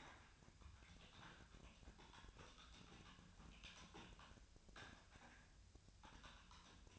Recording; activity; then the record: daily activity, microphone in the room; typing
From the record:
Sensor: 2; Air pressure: 1009.3 hPa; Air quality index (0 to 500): 187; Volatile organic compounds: 11 ppm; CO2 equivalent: 2323 ppm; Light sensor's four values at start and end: 24/59/25/28 and 24/59/26/28